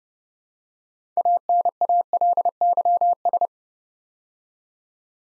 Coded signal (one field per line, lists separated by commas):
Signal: Morse code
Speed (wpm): 28 wpm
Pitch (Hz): 700 Hz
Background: none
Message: ANALYS